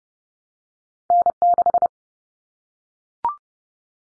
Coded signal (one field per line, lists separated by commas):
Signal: Morse code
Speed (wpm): 30 wpm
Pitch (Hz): 700 Hz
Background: none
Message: N6